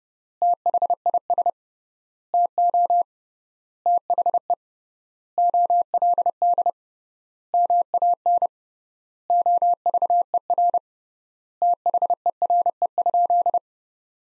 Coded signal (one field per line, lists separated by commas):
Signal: Morse code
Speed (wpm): 30 wpm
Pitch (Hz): 700 Hz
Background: none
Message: THIS TO THE OLD MAN OVER THERE?